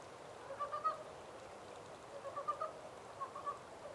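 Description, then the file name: Montane brown frog calls: three short bursts of rapid croaking pulses over a steady background hiss. 14 April 2010. "yamaakagaeru-20100414"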